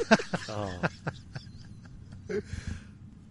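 Several abrupt, sharp gulping bursts with a brief voiced groan between them, typical of loud hiccups in an adult woman.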